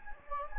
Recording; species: mosquito wingbeat signal from an infrared sensor; Anopheles gambiae